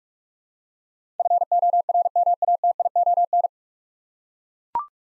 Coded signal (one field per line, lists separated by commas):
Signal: Morse code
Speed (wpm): 42 wpm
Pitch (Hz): 700 Hz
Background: none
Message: FORMATION